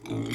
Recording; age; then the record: pig call; weaner (32 to 43 days)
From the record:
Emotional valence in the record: negative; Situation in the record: long isolation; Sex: female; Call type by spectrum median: low-frequency call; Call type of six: mixed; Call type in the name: high-frequency modulated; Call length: 0.35 s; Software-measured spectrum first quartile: 238 Hz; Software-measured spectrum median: 489 Hz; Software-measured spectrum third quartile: 2517 Hz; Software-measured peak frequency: 287 Hz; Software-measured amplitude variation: 124 dB a second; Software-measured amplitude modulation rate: 22.5 a second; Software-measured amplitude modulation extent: 5.5 dB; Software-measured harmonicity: -0.8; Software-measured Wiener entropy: -2.91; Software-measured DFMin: 994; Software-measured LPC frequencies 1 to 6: 320, 2152, 3294, 3637, 4659, 5614 Hz